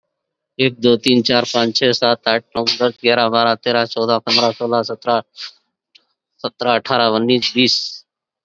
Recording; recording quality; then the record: counting at a fast pace; moderate, slight background noise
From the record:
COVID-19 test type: RT-PCR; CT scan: not taken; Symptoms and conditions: diabetes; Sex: male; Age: 49 years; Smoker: no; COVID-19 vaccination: both doses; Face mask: worn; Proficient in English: yes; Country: India